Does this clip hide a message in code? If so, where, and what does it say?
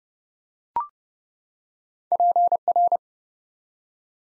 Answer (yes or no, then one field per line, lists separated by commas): yes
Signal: Morse code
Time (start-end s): 2.1-3.0 s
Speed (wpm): 30 wpm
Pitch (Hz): 700 Hz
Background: none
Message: PR